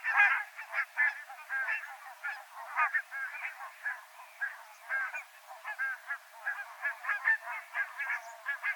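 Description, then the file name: Barnacle goose: barnacle geese giving a steady stream of short, barking honks, many birds overlapping in a busy chorus that rises and falls in loudness. "Nonnengans"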